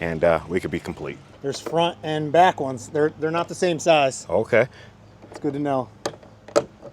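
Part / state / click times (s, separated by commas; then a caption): plastic cap into roof rack mounting hole on car roof / seated / 6.1 s, 6.6 s. A plastic cover cap is pressed into a roof rack mounting hole on the roof of a Lexus GX550 after the roof rack has been removed. Someone talks for most of the clip, and the cap snaps into place with sharp clicks at 6.1 s and 6.6 s, seating it.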